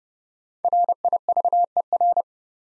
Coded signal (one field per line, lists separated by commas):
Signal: Morse code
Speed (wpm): 30 wpm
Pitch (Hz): 700 Hz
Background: none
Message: RIVER